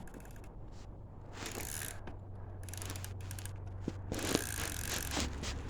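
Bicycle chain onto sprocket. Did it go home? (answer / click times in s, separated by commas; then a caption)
no / none. A bicycle chain's links are lined up on the sprocket teeth and pushed into place, producing bursts of metallic scraping and rattling over a steady low hum, with a few brief sharp ticks. The chain has not clicked into place on the sprocket.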